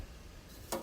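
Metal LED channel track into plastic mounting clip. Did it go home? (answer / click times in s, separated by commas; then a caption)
yes / 0.7 s. A metal track holding an LED light strip is pressed onto plastic mounting clips on a roofline. Low background noise leads into one sharp, bright snap at 0.7 s as the track seats in the clip.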